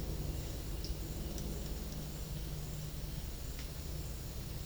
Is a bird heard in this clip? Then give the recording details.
no. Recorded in dense forest near Puerto Asís, Putumayo, Colombia, on 4 March 2025 at 11:30. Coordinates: 0.484, -76.325. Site G045